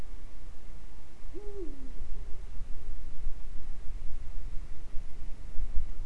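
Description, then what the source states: Eurasian eagle-owl: one low, booming hoot with a rising start and descending end, over steady low background noise. Recorded in Øygarden, Vestland, Norway, in 2020.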